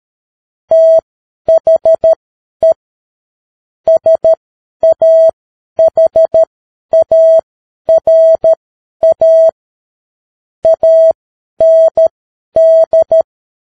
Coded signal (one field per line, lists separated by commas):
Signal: Morse code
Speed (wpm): 13 wpm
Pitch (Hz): 650 Hz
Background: none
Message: THE SAHARA AND